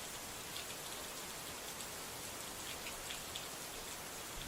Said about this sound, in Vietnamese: Trên cao, cơn mưa mù mịt và sấm chớp nổ đùng đoàng.